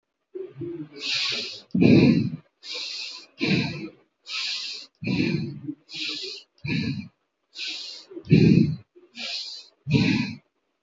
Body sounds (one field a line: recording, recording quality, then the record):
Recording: shallow breathing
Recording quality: moderate, slight background noise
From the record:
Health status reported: healthy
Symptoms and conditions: none ticked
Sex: female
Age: 28 years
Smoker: not ticked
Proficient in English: yes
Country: India